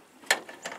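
A ratchet is worked on a stripped bolt in a race car chassis, giving a sharp metallic click at 0.3 s followed by softer clicks around 0.5 and 0.65 s. The ratchet slips without turning the fastener out, because it is the stripped one that could not be removed the other day.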